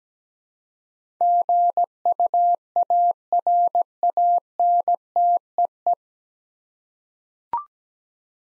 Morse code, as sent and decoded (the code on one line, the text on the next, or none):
--. ..- .- .-. .- -. - . .
GUARANTEE